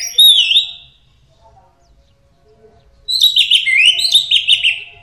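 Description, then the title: Orange-headed thrush song: a high whistled warble, then after a pause a rapid, dense run of buzzy and whistled notes. "Burung Anis Merah"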